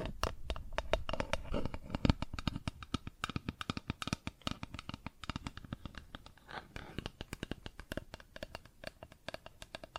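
Plastic objects are tapped and scratched in quick, irregular succession, producing dense clusters of sharp clicks and brief scraping bursts. Activity is heaviest in the first three seconds, with a low rumble underneath, then thins into sparser taps and short scrapes.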